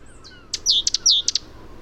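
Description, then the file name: Great tit call sequence of high, sharp ticks mixed with two descending slurred whistles, short and clipped, with faint thin notes just before against light background hiss. "Parus major"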